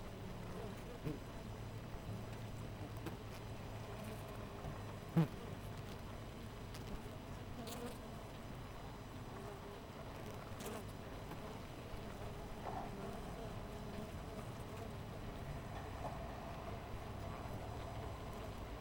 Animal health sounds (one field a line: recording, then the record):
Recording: honeybee colony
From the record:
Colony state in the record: missing queen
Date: 14 July 2017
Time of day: 5:39